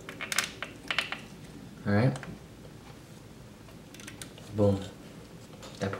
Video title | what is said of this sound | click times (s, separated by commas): How To Install a CPU In My Desktop PC Computer (Intel Celeron LGA 1151 Socket) CPU Install For PC | now you're gonna get a little clicking sound alright | 0.3 s, 0.9 s